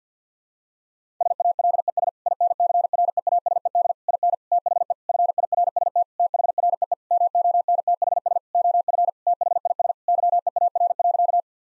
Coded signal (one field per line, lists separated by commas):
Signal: Morse code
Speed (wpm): 50 wpm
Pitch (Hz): 700 Hz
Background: none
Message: SALES INCREASED IN THE FIRST THREE MONTHS OF THIS YEAR.